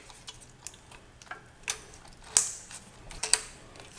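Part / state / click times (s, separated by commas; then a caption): wiring harness connector onto fuel injector / seated / 2.4 s. A wiring harness connector is pushed down onto a fuel injector of a 2009–2018 Toyota Corolla, among a series of small plastic ticks and clicks. The loudest, sharpest click at 2.4 s is the connector seating on the injector, with further sharp clicks at 3.2 and 3.3 s.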